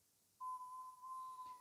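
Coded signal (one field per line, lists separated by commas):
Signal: FT8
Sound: a single steady pure tone near 1 kHz starts abruptly and holds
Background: faint hiss, brief click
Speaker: it will actually start on the every 15th second so another 4 seconds through 57 58 59 and there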